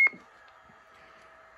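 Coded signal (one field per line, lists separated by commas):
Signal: roger beep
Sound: one short high beep with a click, then quiet faint hum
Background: faint radio hum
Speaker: uh are you testing one two three so that's the roger beep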